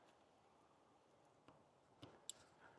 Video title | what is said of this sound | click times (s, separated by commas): Emergency Preparedness: KIT for Solar Charging Solution for Ham Radio, panels, charger, box KH6ML | that's a lock you heard them go click click | 2.0 s, 2.3 s